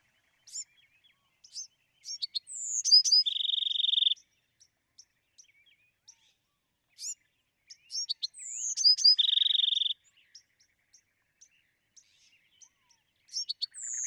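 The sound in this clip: Bewick's wren song given twice, each a cluster of sharp notes, a slurred downward whistle and a rapid trill, with faint ticking notes between and the start of another song at the end.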